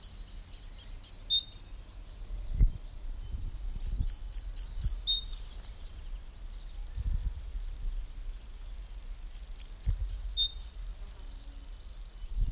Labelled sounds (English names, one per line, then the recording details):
Common Grasshopper Warbler song
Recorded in the wild
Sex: male
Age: adult
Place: Kremmen, Brandenburg, DE
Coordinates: 52.76, 13.03
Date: 1995-06-03 11:43
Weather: fair, 18°C
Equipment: Marantz CP 430, Sennheiser ME 80, Kopie Uher 4000 Report Monitor
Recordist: Tembrock, Günter